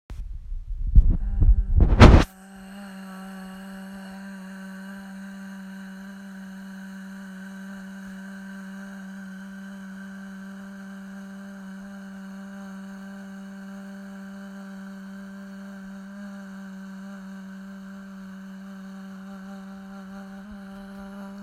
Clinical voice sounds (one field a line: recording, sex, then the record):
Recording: sustained vowel /a/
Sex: female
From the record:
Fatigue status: no fatigue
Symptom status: asymptomatic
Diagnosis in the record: COVID-19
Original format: m4a